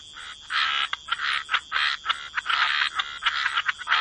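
Frog chorus in pulsing bursts of rough, buzzy croaks, each lasting under a second with brief quiet gaps, over a steady high tone.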